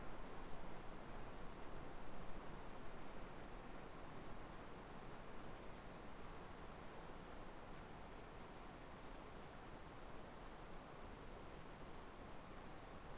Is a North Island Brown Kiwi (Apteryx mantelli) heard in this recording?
no